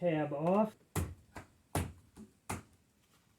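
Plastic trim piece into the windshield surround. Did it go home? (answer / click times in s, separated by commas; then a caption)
yes / 1.0 s, 1.8 s, 2.5 s. Someone talks, then a plastic trim piece is pressed into the windshield surround of a 2013 Mini Cooper R56 with rain sensor, after a small locating tab beside the newly installed windshield has been removed. Sharp clip snaps ring out at 1.0, 1.8 and 2.5 seconds, with a fainter tap near 2.2 seconds. The trim piece is clipped in and seated.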